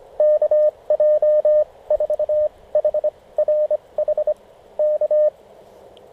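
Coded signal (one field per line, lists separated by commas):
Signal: Morse code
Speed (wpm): 25 wpm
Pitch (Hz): 610 Hz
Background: radio noise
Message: KJ4HRH K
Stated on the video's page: Winter Field Day 2016 operation.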